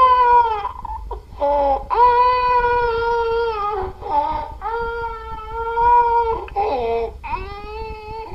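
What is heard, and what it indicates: A young child cries in four long, strained phrases, with short, harsh, tonal whooping sounds on each in-breath between them. This fits croup, where swelling of the upper airway causes noisy inspiratory stridor during crying.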